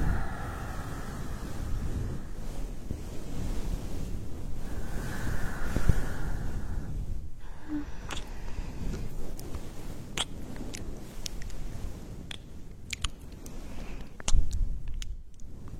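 Ear massage: a dense, steady low rubbing rustle with brighter swishes early on, then scattered sharp clicks and taps after seven seconds.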